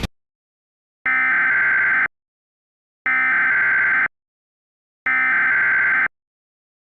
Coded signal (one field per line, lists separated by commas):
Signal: Emergency Alert System (SAME) tones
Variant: header bursts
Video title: On the Loose (An EAS Scenario)